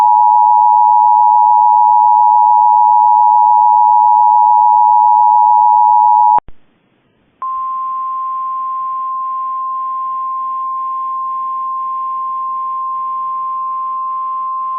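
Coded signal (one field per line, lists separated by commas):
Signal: Emergency Alert System (SAME) tones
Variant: 853 and 960 Hz attention tone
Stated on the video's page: Lake effect snow warning carried on Cox cable.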